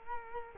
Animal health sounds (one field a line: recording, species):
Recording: mosquito wingbeat signal from an infrared sensor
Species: Culex quinquefasciatus